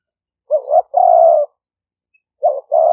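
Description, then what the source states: Spotted dove coo, a quavering short note and a long steady coo, then the next phrase beginning, nothing else audible. "5 hậu" call type.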